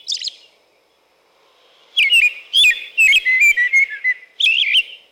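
American robin: one brief whistled phrase, a quiet gap, then a lively string of whistled and squeaky phrases.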